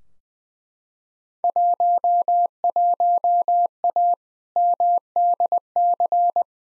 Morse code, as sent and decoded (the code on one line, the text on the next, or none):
.---- .---- .- / -- -.. -.-.
11A MDC